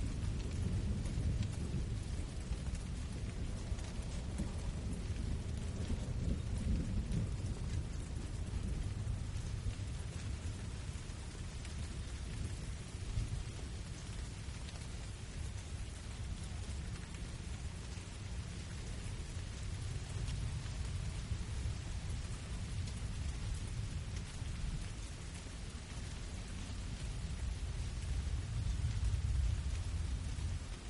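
Steady rain hisses densely throughout, over a deep low rumble that swells near the start and end, like thunder rolling.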